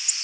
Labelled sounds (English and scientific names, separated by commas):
Tennessee Warbler (Leiothlypis peregrina) flight call